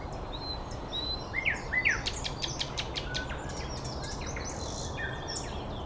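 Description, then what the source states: Birds singing: two clear whistled notes followed by quick chattering chips and trills, over a steady hiss. Recorded 9 May 2014 at 06:39.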